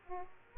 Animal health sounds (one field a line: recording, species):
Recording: mosquito wingbeat signal from an infrared sensor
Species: Aedes aegypti